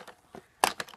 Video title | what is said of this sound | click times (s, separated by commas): Rhino Truck toy review | makes that little soon and then click you | 0.6 s